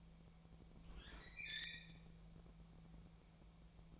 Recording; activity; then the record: daily activity, microphone in the room; open fridge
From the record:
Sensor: 1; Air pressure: 1000.0 hPa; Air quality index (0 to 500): 136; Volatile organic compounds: 2 ppm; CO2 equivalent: 1282 ppm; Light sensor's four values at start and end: 34/87/36/44 and 34/85/36/44